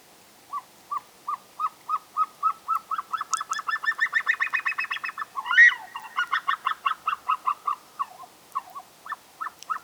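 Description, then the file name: Himalayan snowcock calling with steady clucks that accelerate into a dense chattering series, a loud harsh note mid-way, then repeated spaced clucks continuing to the end. "Himalayan Snowcock Tetraogallus himalayensis"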